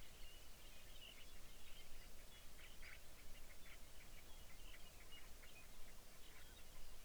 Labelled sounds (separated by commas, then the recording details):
songbird
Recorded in the Arctic National Wildlife Refuge, Alaska, on 23 May 2019 at 05:51
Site 49